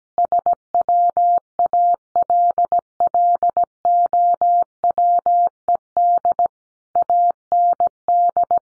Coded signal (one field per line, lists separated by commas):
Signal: Morse code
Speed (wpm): 17 wpm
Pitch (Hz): 700 Hz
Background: none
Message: SWALLOWED AND